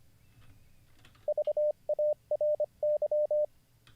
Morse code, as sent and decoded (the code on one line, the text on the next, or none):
...- .- .-. -.--
VARY